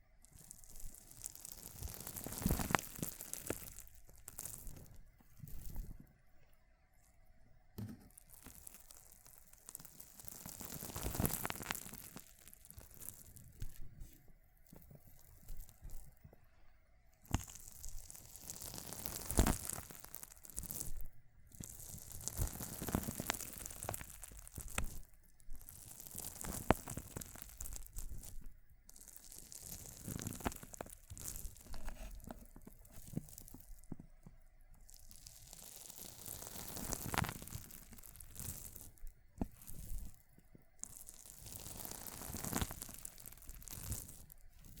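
Crushing water beads: wet, squishy crackles and squelches come in irregular bursts throughout, some sharp and bright, others softer. Louder crunching surges hit around 3, 11, 20, 30 and 37 seconds, with quieter rustling and faint tones between them.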